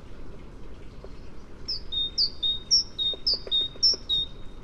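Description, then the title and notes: Great tit song: a high note dropping to a lower one, the two-note phrase repeated about five times in quick even rhythm, with faint low clicks underneath. "Kjøttmeis by forskningno"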